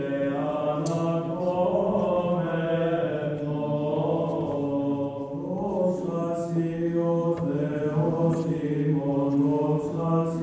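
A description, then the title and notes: Voices chant steadily during an Orthodox Easter ceremony in a monastery, sustained tones sliding slowly between pitches with a low drone held underneath. The singing stays even in loudness throughout, with a few faint clicks and shuffles in the room around it. Orthodox Easter ceremony in Meteora monastery, Greece. Field-recordings taken in the Holy Monastery of Great Meteoron (Meteora)during Big Saturday ceremony.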